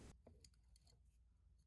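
A safety pin pries the plastic locking tab away from a metal crimp terminal in a white connector housing on a 1997 Toyota RAV4 during fan replacement, releasing the terminal. Small, sharp clicks sound at 0.5 s and 0.8 s over a low background hum. Then someone talks briefly, and the terminal comes free.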